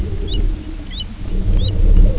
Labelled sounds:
American Golden-plover (Pluvialis dominica)
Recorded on Arctic tundra, site UTQI-0, on 19 June 2018
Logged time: 22:00

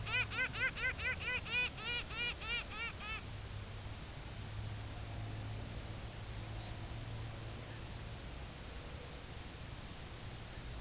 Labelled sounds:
Pomarine Jaeger (Stercorarius pomarinus), unidentified sound
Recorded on Arctic tundra, site UTQI-2, on 16 June 2019
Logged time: 10:00

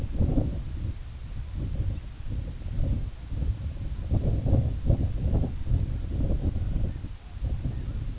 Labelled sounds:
unidentified sound, Red-throated Loon (Gavia stellata)
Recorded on Arctic tundra, site IGLO-A, on 17 June 2018
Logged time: 19:59

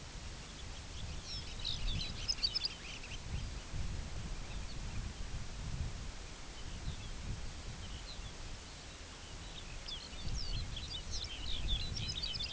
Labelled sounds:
unidentified sound, Lapland Longspur (Calcarius lapponicus)
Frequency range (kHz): Lapland Longspur (Calcarius lapponicus) 2.5-7.0 kHz
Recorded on Arctic tundra, site UTQI-2, on 17 June 2019
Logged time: 14:00

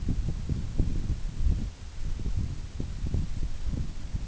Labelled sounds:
none
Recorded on Arctic tundra, site NAIT-1, on 24 June 2019
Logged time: 04:00

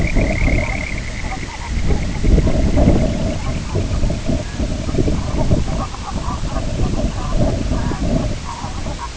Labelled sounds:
Semipalmated Sandpiper (Calidris pusilla), unidentified sound
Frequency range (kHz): Semipalmated Sandpiper (Calidris pusilla) 1.7-3.1 kHz
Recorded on Arctic tundra, site IGLO-B, on 21 June 2018
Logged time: 07:59

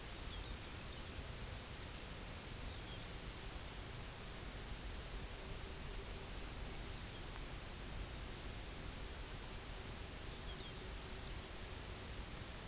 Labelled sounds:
unidentified sound, Pectoral Sandpiper (Calidris melanotos)
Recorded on Arctic tundra, site UTQI-0, on 16 June 2019
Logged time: 12:00

